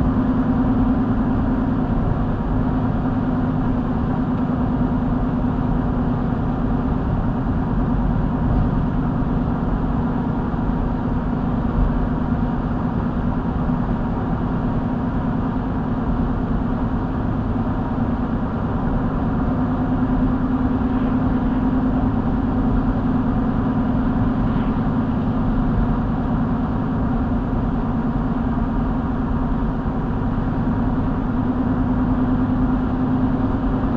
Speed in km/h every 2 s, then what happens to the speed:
85, 84, 84, 84, 82, 82, 82, 82, 84, 84, 84, 85, 85, 85, 85, 85, 87.
0-34 steady at about 84.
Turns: none.